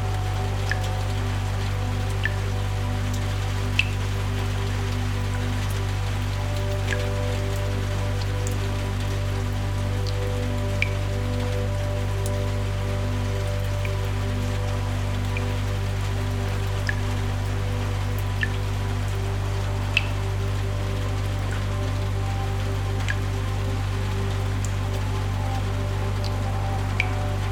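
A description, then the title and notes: Rain falls steadily, with individual water drops ticking out sharp and bright every second or two across the whole stretch. Underneath, soft ambient music holds long sustained low tones and a few mid-range notes that shift slowly without a clear beat. Peaceful Music with Rain Sounds. Enjoy the calming rain with water drops while atmospheric ambient music swirls in the background.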